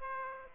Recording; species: mosquito wingbeat signal from an infrared sensor; Aedes aegypti